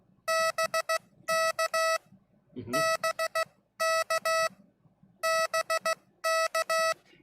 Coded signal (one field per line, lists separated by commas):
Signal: Morse code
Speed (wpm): 16 wpm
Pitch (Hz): 1300 Hz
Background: speech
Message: BK BK BK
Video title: Learning MORE CW! Morse Code Practice with other YouTubers